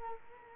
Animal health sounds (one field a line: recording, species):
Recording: mosquito wingbeat signal from an infrared sensor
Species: Culex quinquefasciatus